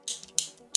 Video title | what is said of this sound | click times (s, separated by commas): BEYBLADE MFB / BURST PROTOTYPE PRESENTATION !! AWESOME | on entend bien les clics donc c'est vraiment très très bien | 0.4 s, 0.8 s